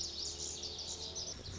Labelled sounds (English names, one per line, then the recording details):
Lazuli Bunting
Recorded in Sonoma County, California